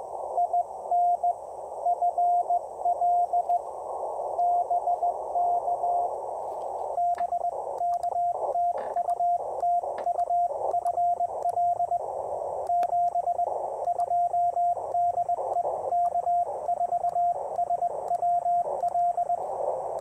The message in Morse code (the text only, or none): IN FL BK B K TU TU FL 72 DE K4SWL